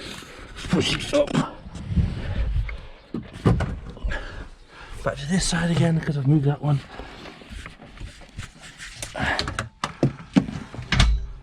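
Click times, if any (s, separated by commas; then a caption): 9.8 s, 10.9 s. In a VW T5 campervan, a folding steel rock and roll bed frame with its cushions is pushed from the bed position back up into the seat position while someone talks. Thumps and rattles of the moving frame are followed by sharp clicks at 9.8 s and 10.9 s as the locking mechanism engages and the frame latches into the seat position.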